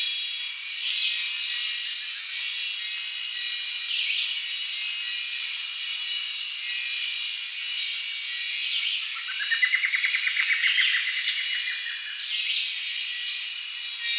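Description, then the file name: Cicadas buzzing, a steady, high, hissing drone throughout, joined midway by a brief rising and falling trill. Described as sounding like an electric buzz. "cicadas electric buzz"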